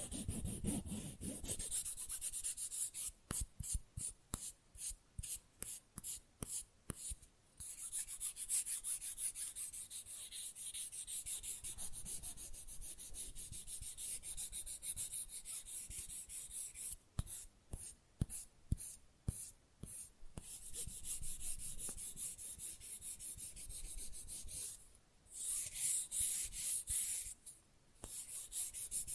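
Rough nail filing scrapes along quickly, a steady hissy rasp that dominates most of the half minute. Short gaps break it into rapid stroke patterns around 3–8 and 17–20 seconds, with brief pauses near 25 and 27 seconds, and faint taps thud underneath.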